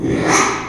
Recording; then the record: squeal of a Yucatan mini pig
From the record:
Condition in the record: after surgery on the right vocal fold (resection and tissue-engineered implant); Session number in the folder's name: 3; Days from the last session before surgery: 33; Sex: male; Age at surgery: 12 weeks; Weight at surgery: 13 kg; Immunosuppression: cyclosporine, prednisolone